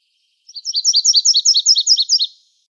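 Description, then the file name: Virginia's warbler singing a rapid run of bright, high two-part notes at an even pace, quieter at the start, in a silent background. Recorded in Arizona on 30 April 2005. "VIWA 6 deviche"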